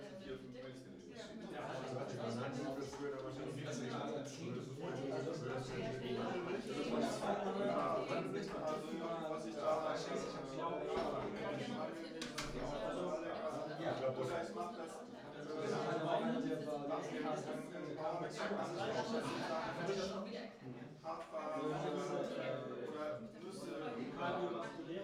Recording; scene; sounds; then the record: everyday scene through a hearing-aid microphone; many people talking; many voices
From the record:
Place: bistro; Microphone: in the ear canal, right